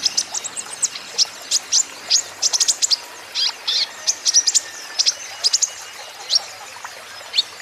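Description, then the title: Van Hasselt's sunbird singing a busy run of high, sharp chip notes and brief buzzy trills, coming in rapid clusters almost without pause. Green-plumaged (ijoan) bird singing actively (gacor); song used as a lure and therapy to prompt caged Van Hasselt's sunbirds to sing in reply. "KOLIBRI NINJA KONIN IJOAN GACOR COCOK UNTUK PANCINGAN TERAPI KONIN BAHAN PASTI NYAUT"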